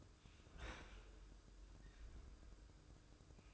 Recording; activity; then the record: daily activity, microphone in the room; open fridge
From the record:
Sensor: 2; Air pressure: 995.2 hPa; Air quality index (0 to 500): 64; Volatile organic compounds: 2 ppm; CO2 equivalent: 1092 ppm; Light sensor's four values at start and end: 17/55/21/21 and 17/55/21/21